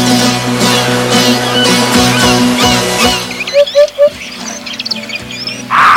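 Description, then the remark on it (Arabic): A steady, tonal musical drone fills the first half, then birds take over with short chirps and sweeping calls, plus a few low, rounded coo-like pigeon notes in quick succession. “يكثر الحمام في المناطق المعتدلة والحارة، منه الأليف وهو مستأنس أصلا من يمام الصخور والبري، ويسكن الأبراج والأماكن المهجورة”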